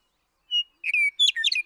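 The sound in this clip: Western meadowlark song: a single clear whistle, a brief pause, then a whistled phrase and a quick, jumbled, flute-like warble at the end.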